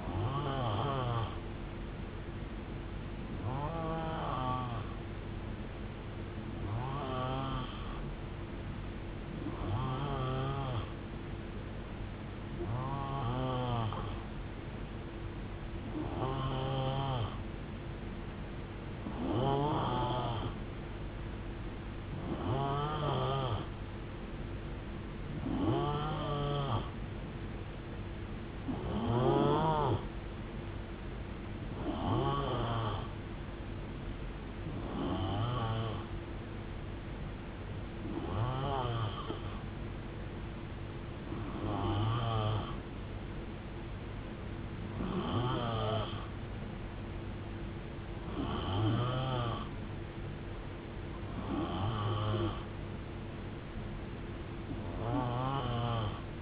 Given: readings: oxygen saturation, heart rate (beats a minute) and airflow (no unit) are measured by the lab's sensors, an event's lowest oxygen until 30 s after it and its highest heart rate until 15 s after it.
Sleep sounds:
breathing in sleep by a voice recorder at the bedside; none
24.00-56.42 s: new sleep stage, N2 (light sleep)
From the record:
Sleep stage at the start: N3 (deep sleep); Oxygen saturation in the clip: 88 to 91%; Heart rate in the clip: 66 to 78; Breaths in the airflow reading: 17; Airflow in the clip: -7.6 to 4.5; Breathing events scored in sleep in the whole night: 389 in 6.3 hours asleep

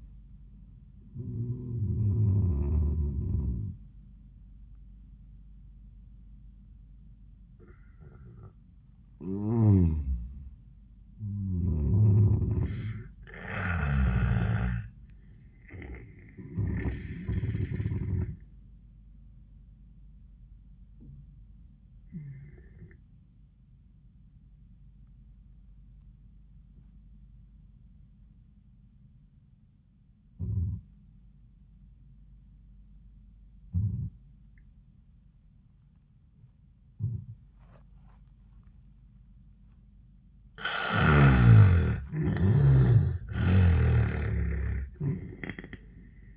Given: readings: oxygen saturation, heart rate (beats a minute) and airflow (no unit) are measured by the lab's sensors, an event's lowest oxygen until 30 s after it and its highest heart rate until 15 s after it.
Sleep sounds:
breathing in sleep by a smartphone at the bedside; 1
0.00-10.00 s: awake
4.00-46.37 s: new sleep stage, N1 (lightest sleep)
17.00-41.60 s: hypopnea (N1, oxygen 97% highest, then 79% lowest, heart rate 88 at the start, 92 highest)
From the record:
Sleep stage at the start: awake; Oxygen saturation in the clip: 73 to 98%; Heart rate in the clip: 82 to 100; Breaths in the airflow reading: 7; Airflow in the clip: -14.0 to 21.7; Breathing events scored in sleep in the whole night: 400 in 8.7 hours asleep

